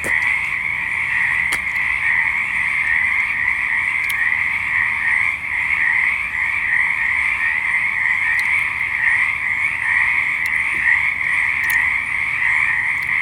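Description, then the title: Frogs calling together in a loud unbroken trilling chorus, a shimmering pulsed buzz that never pauses, with occasional faint ticks over the top. Pond with water still a little low; frogs back in full force, with frog eggs and tadpoles present. "The Frogs of Knickerbocker"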